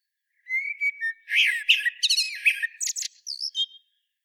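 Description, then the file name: Common blackbird song phrase: a soft level whistle and short fluted notes, then a busy run of high squeaky twitters and a final thin note. "Turdus merula"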